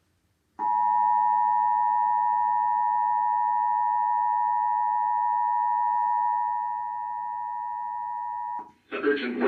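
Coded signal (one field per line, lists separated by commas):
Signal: Emergency Alert System (SAME) tones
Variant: 853 and 960 Hz attention tone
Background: speech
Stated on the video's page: Severe Thunderstorm Warning relayed on Spectrum Cable in Akron, Ohio.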